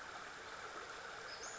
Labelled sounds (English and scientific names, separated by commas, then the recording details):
Western Flycatcher (Empidonax difficilis)
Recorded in Sonoma County, California